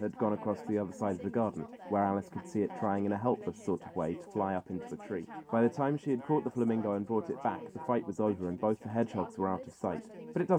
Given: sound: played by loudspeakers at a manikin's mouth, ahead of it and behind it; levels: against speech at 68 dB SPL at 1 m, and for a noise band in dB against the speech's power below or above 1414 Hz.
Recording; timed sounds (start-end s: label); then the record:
test signals for a remote microphone
0.00-10.59 s: man speaking, babble ahead at +6 dB SNR for speech at 1 m
From the record:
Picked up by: measurement microphone